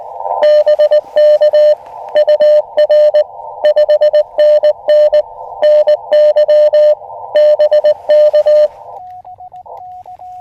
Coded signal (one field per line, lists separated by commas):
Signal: Morse code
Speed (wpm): 19 wpm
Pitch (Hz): 600 Hz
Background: radio noise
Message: BK UR 5NN NY BK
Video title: First SOTA Activation CW Ham Radio Morse Code POTA w/a Puppy Elecraft KX2 Practice Parks on the Air